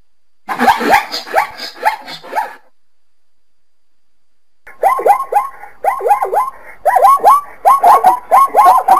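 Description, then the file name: Zebra calling: bursts of hoarse yelping, barking notes repeated in quick runs, with a silent gap midway. "Lyuboznajki Zvuki zhivotnyh - ZEBRA KRICHIT"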